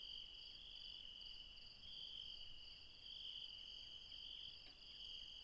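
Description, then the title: Night insects trilling continuously, a high shimmering chorus that swells and fades slightly in waves. Insects recorded late at night in the mountains at Refuge Krevatia, Barbala, Dion, Greece. "Refuge Krevatia, Μπαρμπαλά, Dion 601 00, Greece - Late night mountain insects"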